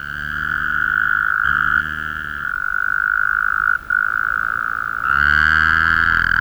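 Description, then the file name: Taipei tree frog calling in a dense, steady trill, broken by a short pause and then a louder, richer burst near the end. "Rhacophorus taipeianus"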